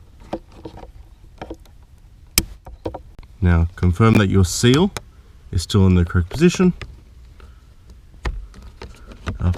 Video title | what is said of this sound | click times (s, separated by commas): Mazda 3 Cabin Air and Engine Air Filter Replacement | push until you hear a click | 2.4 s